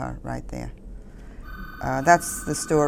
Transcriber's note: telephone rings